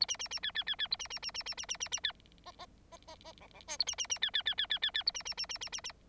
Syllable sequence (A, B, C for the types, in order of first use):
A B B B C C C C A B B B B B B B B B C D D D D D E E F A B B B C C C C C C C A B B B B B B B